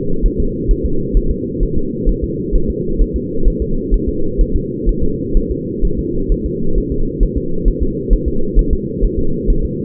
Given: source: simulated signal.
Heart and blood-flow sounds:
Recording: fetal heart sounds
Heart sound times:
0.26 s: S1
0.40 s: S2
0.71 s: S1
0.85 s: S2
1.17 s: S1
1.31 s: S2
1.63 s: S1
1.77 s: S2
2.09 s: S1
2.24 s: S2
2.55 s: S1
2.70 s: S2
3.01 s: S1
3.16 s: S2
3.48 s: S1
3.62 s: S2
3.94 s: S1
4.09 s: S2
4.41 s: S1
4.56 s: S2
4.89 s: S1
5.03 s: S2
5.37 s: S1
5.51 s: S2
5.85 s: S1
5.99 s: S2
6.32 s: S1
6.46 s: S2
6.78 s: S1
6.92 s: S2
7.23 s: S1
7.38 s: S2
7.68 s: S1
7.83 s: S2
8.13 s: S1
8.28 s: S2
8.59 s: S1
8.73 s: S2
9.04 s: S1
9.19 s: S2
9.50 s: S1
9.65 s: S2
From the record:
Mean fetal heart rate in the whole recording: 130 bpm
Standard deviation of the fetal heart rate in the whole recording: 2 bpm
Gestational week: 38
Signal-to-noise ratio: -8.1 dB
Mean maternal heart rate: 72 bpm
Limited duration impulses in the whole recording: absent

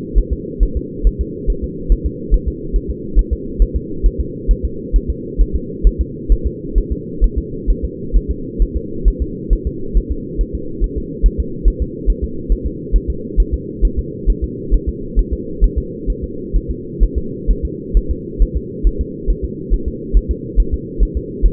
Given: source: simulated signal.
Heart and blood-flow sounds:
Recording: fetal heart sounds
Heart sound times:
0.18 s: S1
0.33 s: S2
0.63 s: S1
0.77 s: S2
1.07 s: S1
1.21 s: S2
1.50 s: S1
1.64 s: S2
1.92 s: S1
2.06 s: S2
2.34 s: S1
2.48 s: S2
2.76 s: S1
2.90 s: S2
3.19 s: S1
3.33 s: S2
3.62 s: S1
3.76 s: S2
4.06 s: S1
4.21 s: S2
4.51 s: S1
4.65 s: S2
4.96 s: S1
5.10 s: S2
5.41 s: S1
5.56 s: S2
5.87 s: S1
6.01 s: S2
6.32 s: S1
6.47 s: S2
6.78 s: S1
6.92 s: S2
7.24 s: S1
7.38 s: S2
7.70 s: S1
7.85 s: S2
8.16 s: S1
8.31 s: S2
8.62 s: S1
8.77 s: S2
9.08 s: S1
9.22 s: S2
9.53 s: S1
9.67 s: S2
9.97 s: S1
10.12 s: S2
10.41 s: S1
10.55 s: S2
10.84 s: S1
10.98 s: S2
11.26 s: S1
11.40 s: S2
11.68 s: S1
11.82 s: S2
12.10 s: S1
12.24 s: S2
12.52 s: S1
12.66 s: S2
12.96 s: S1
13.10 s: S2
13.40 s: S1
13.54 s: S2
13.85 s: S1
13.99 s: S2
14.30 s: S1
14.44 s: S2
14.74 s: S1
14.89 s: S2
15.19 s: S1
15.33 s: S2
15.64 s: S1
15.78 s: S2
16.10 s: S1
16.24 s: S2
16.56 s: S1
16.71 s: S2
17.03 s: S1
17.18 s: S2
17.50 s: S1
17.65 s: S2
17.97 s: S1
18.11 s: S2
18.42 s: S1
18.57 s: S2
18.87 s: S1
19.01 s: S2
19.30 s: S1
19.44 s: S2
19.74 s: S1
19.88 s: S2
20.17 s: S1
20.31 s: S2
20.60 s: S1
20.74 s: S2
21.03 s: S1
21.17 s: S2
21.46 s: S1
From the record:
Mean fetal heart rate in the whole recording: 135 bpm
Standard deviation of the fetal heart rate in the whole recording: 3 bpm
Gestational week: 36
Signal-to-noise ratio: -4.3 dB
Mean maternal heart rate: 72 bpm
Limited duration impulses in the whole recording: present

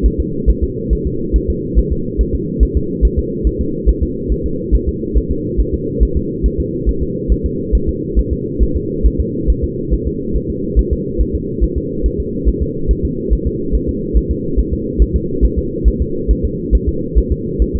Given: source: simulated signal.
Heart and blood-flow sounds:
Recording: fetal heart sounds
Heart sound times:
0.06 s: S1
0.20 s: S2
0.50 s: S1
0.64 s: S2
0.93 s: S1
1.07 s: S2
1.36 s: S1
1.50 s: S2
1.78 s: S1
1.92 s: S2
2.21 s: S1
2.35 s: S2
2.63 s: S1
2.77 s: S2
3.05 s: S1
3.19 s: S2
3.47 s: S1
3.61 s: S2
3.89 s: S1
4.03 s: S2
4.32 s: S1
4.46 s: S2
4.75 s: S1
4.89 s: S2
5.17 s: S1
5.31 s: S2
5.60 s: S1
5.74 s: S2
6.03 s: S1
6.17 s: S2
6.46 s: S1
6.60 s: S2
6.89 s: S1
7.03 s: S2
7.32 s: S1
7.46 s: S2
7.75 s: S1
7.89 s: S2
8.19 s: S1
8.33 s: S2
8.62 s: S1
8.77 s: S2
9.06 s: S1
9.20 s: S2
9.50 s: S1
9.64 s: S2
9.93 s: S1
10.07 s: S2
10.36 s: S1
10.50 s: S2
10.79 s: S1
10.93 s: S2
11.21 s: S1
11.35 s: S2
11.64 s: S1
11.77 s: S2
12.06 s: S1
12.20 s: S2
12.48 s: S1
12.62 s: S2
12.91 s: S1
13.05 s: S2
13.33 s: S1
13.47 s: S2
13.75 s: S1
13.89 s: S2
14.17 s: S1
14.31 s: S2
14.59 s: S1
14.73 s: S2
15.02 s: S1
15.16 s: S2
15.45 s: S1
15.58 s: S2
15.88 s: S1
16.02 s: S2
16.31 s: S1
16.45 s: S2
16.75 s: S1
16.89 s: S2
17.18 s: S1
17.32 s: S2
17.62 s: S1
17.76 s: S2
From the record:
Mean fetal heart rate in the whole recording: 140 bpm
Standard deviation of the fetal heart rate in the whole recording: 2 bpm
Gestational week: 34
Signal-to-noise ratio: -6.6 dB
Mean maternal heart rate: 72 bpm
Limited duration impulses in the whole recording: present

